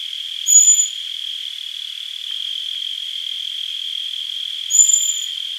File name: Turdus merula